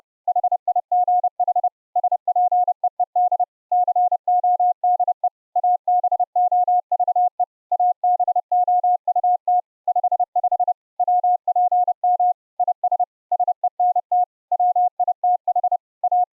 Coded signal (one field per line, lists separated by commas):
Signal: Morse code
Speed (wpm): 30 wpm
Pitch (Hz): 720 Hz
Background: none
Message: HIGH SPEED CODE ABOVE ABOUT 55 WPM IS SENT WITH A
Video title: VLF CW AM Transceiver project for MUMBLE iCW - prototype 2 - The Transmitter section